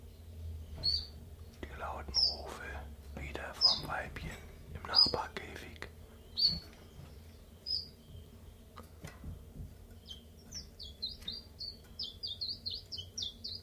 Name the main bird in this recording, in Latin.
Phylloscopus collybita